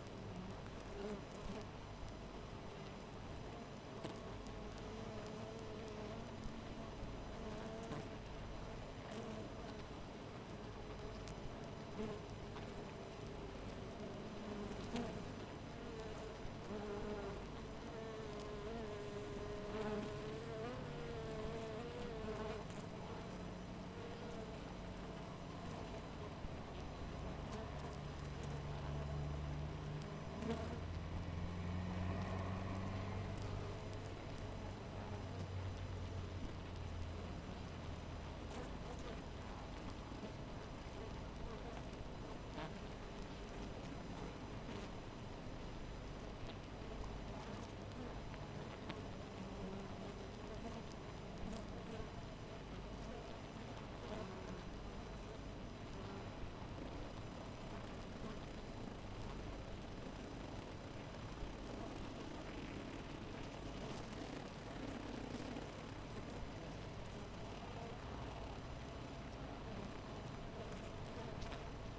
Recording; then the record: honeybee colony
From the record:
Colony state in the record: missing queen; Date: 14 July 2017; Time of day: 5:05